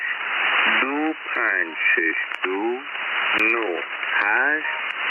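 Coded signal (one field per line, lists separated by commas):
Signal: numbers station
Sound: short spoken words through shortwave noise, spaced about half a second apart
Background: radio static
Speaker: A new one has appeared though, it would seem, on 7910 kHz last night and tonight, and it's definitely one to watch. It's believed to be operated by Iran.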